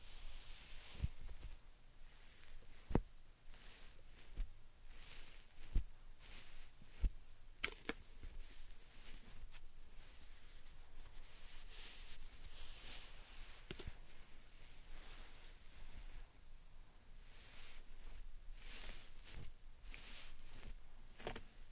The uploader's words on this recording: ASMR Satisfying Slime Sand Triggers for Sleep (No Talking).